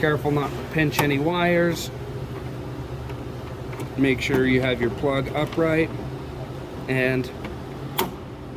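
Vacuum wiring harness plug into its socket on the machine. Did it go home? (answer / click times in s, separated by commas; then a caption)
yes / 8.0 s. A vacuum wiring harness plug on an older machine is held upright and pushed into its mating socket while someone talks over a steady low hum. A single sharp click at 8.0 s marks the plug snapping into place, seated.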